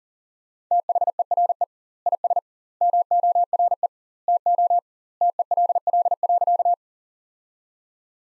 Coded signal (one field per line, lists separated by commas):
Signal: Morse code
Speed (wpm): 40 wpm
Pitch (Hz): 700 Hz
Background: none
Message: THERE IS MORE TO TELL.